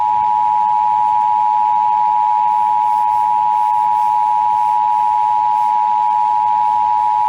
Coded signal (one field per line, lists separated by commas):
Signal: Emergency Alert System (SAME) tones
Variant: 853 and 960 Hz attention tone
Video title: Tornado Warning EAS from 820 AM WBAP via 99.5 HD 2 on 5/3/2021 (2 of 2)